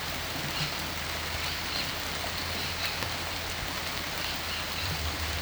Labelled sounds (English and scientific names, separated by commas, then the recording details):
none
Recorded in pastures near Puerto Asís, Putumayo, Colombia, on 22 December 2024 at 18:00
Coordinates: 0.472, -76.329
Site G072